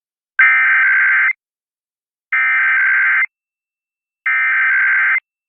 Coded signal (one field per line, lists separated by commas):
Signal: Emergency Alert System (SAME) tones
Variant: header bursts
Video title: [EAS #2625-#2628] Weekend Required Weekly Tests